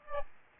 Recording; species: mosquito wingbeat signal from an infrared sensor; Aedes aegypti